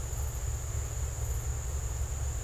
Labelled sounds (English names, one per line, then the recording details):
none
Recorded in secondary vegetation near Puerto Asís, Putumayo, Colombia, on 21 December 2024 at 15:30
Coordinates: 0.468, -76.324
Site G095